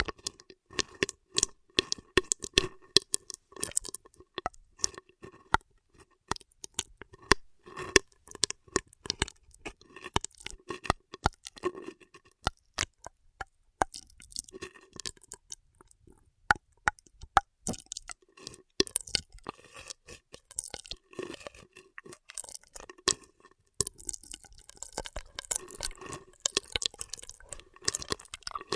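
Straw sounds: dense, rapid crinkly clicks and crunches in irregular bursts, with short pauses and a faint low hum continuing throughout the whole stretch.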